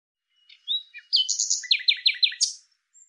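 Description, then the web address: Bird song opening with a short whistle, followed by a bright rapid trill and a string of evenly spaced downslurred chirps; quiet background. "cianscape birddata Deverinetal 2025 File cleaned normalized Bird Lu Me Lu Me"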